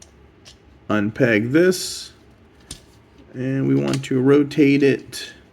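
Someone talks while handling the plastic leg joint of a Transformers One Optimus Prime / Orion Pax Prime Changer mainline transforming action figure, unpegging the leg and starting to rotate it. Brief plastic handling ticks are heard near 0.0 and 2.7 seconds. Nothing has seated or clicked into position yet.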